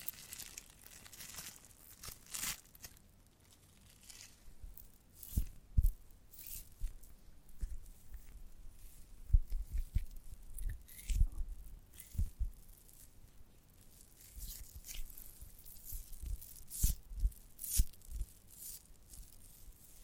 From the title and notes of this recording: ASMR of a Giant Gummy Bear (No Talking).